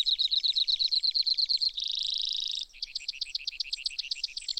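Brewer's sparrow, a slow pulsed trill, then a dense buzzy trill, then a choppier trill at a slightly different pitch.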